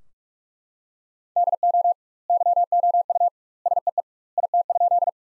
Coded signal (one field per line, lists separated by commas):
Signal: Morse code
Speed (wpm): 41 wpm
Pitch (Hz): 700 Hz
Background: none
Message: DO YOU SEE IT?